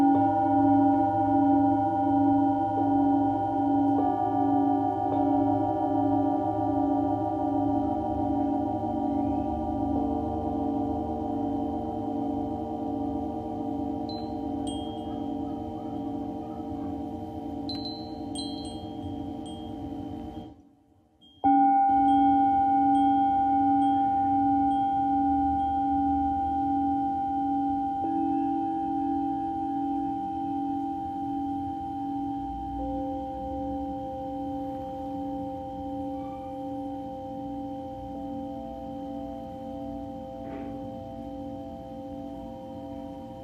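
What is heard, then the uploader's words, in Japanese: Singing bowls ring in long, sustained layered tones, with a warm low hum and steady higher overtones that slowly swell and beat against each other. Around twenty seconds the sound briefly drops out, then a fresh strike returns and gradually fades toward the end. メキシコから シンギングボウルのサウンドヒーリング ライブ。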